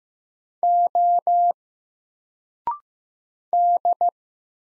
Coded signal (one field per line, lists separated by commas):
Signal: Morse code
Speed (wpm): 15 wpm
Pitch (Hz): 700 Hz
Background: none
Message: O D